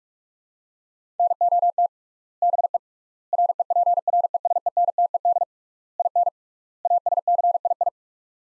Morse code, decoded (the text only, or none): NOT BE REPRESENTED IN ASCII